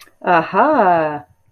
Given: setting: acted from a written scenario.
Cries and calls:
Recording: vocal sound without words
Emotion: amusement

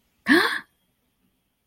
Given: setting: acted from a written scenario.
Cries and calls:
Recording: vocal sound without words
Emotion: positive surprise

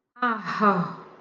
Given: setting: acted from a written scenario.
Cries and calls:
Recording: vocal sound without words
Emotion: distress

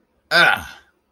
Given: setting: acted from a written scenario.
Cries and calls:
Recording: vocal sound without words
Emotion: pain

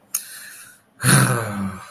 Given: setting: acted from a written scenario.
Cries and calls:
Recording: vocal sound without words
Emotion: contempt

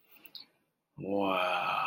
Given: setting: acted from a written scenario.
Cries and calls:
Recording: vocal sound without words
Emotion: awe

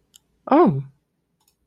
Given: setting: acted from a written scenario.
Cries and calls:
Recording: vocal sound without words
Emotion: realization

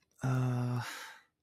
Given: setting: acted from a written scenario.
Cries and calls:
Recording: vocal sound without words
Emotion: sympathy

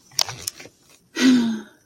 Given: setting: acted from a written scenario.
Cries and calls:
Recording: vocal sound without words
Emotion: serenity

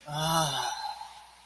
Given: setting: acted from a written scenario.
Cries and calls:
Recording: vocal sound without words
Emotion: ecstasy

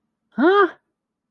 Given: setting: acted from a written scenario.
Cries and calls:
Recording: vocal sound without words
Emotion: negative surprise

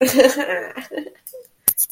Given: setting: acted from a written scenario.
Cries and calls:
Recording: vocal sound without words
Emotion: triumph

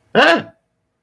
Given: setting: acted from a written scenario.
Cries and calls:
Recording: vocal sound without words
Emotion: negative surprise

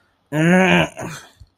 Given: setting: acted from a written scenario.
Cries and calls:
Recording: vocal sound without words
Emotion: distress

